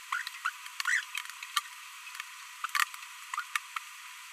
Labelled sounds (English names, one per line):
Green-rumped Parrotlet babbling